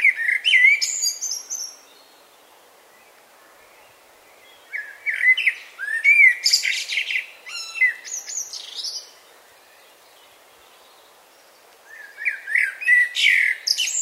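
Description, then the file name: Common blackbird singing rich, low whistled phrases that break into shrill, scratchy twittering, three phrases with quiet gaps of about three seconds between them. "Turdus merula"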